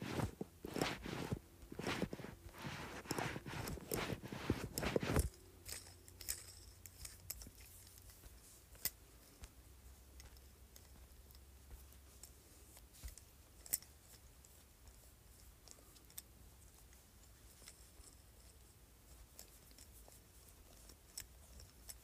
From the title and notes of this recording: ASMR Jade Roller.